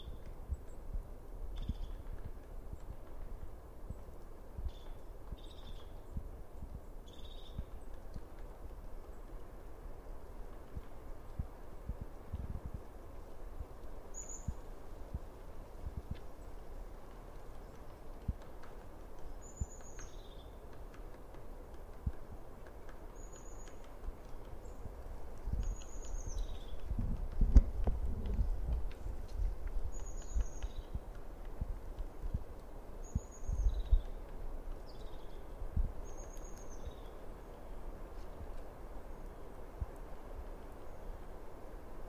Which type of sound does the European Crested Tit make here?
call